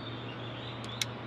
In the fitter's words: 'til you hear that click, and then it lets go.